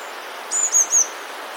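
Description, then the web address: Eurasian blue tit song: one brief phrase of three sharp, very high notes. "wroblowe teka spiew modraszkoteka"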